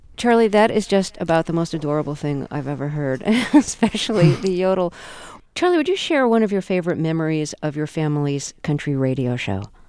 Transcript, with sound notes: Charlie, that is just about the most adorable thing I've ever heard. (Soundbite of laughter) Especially the yodel. Charlie, would you share one of your favorite memories of your family's country radio show